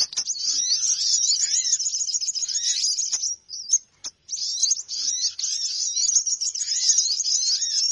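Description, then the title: Birds in a constant high, buzzy twittering chatter with some lower arched whistles, broken by a short lull midway. Noisy bird lure sound; many birds are said to gather as soon as it starts. "Baru Diputar Dah Banyak Merapat! Suara Pikat Burung Ribut"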